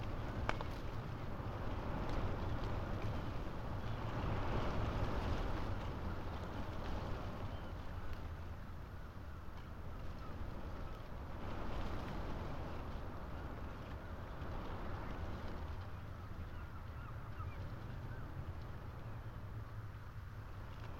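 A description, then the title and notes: Wind gusting around a lone tree and telegraph wires, a steady low rumbling roar that swells around five and twelve seconds. Lone tree under windswept telegraph wires. The long line of them that stand along the Creel Path, on the east coast of Scotland. The tree, weather stunted and probably overlooked by almost all who stumble by on the rough stone track, holds and shelters the Lento microphones.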